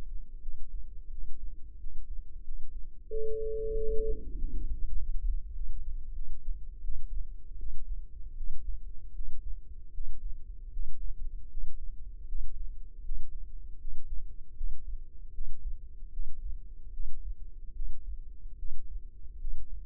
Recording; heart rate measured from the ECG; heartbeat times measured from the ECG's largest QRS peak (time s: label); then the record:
heart sounds by microphone in the left ear; 82 bpm
0.40 s: heartbeat
1.09 s: heartbeat
1.77 s: heartbeat
2.42 s: heartbeat
3.08 s: heartbeat
3.74 s: heartbeat
4.36 s: heartbeat
4.95 s: heartbeat
5.53 s: heartbeat
6.13 s: heartbeat
6.83 s: heartbeat
7.57 s: heartbeat
8.35 s: heartbeat
9.13 s: heartbeat
9.92 s: heartbeat
10.71 s: heartbeat
11.49 s: heartbeat
12.26 s: heartbeat
13.03 s: heartbeat
13.79 s: heartbeat
14.55 s: heartbeat
15.32 s: heartbeat
16.11 s: heartbeat
16.91 s: heartbeat
17.73 s: heartbeat
18.56 s: heartbeat
19.39 s: heartbeat
From the record:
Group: healthy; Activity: Valsalva maneuver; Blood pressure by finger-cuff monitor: 63/43 mmHg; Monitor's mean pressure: 51 mmHg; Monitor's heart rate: 77 bpm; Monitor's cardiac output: 6.1 L/min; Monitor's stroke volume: 78 mL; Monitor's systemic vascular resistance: 570 dyn s/cm5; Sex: female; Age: 19 years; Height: 163 cm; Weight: 48.9 kg